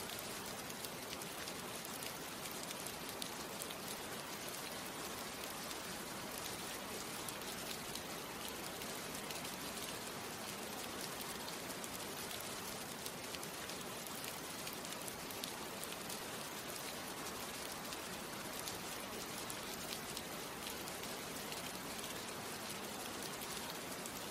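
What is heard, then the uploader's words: Steady rain falls throughout, a dense, even hiss of countless drops with fine crackling detail in the upper range. The level stays constant for the full stretch, with no pauses or distinct events, only a soft low rumble underneath. RAIN SOUNDS.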